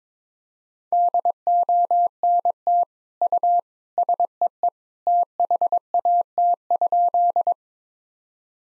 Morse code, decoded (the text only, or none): DONT U SEE THAT?